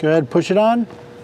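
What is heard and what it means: Someone talks while the quick-connect end of a Steeda oil separator hose is being pushed onto the PCV fitting of a Coyote engine. The voice fills most of the clip, then fades to a quiet background hum. The hose has not seated or clicked onto the fitting yet.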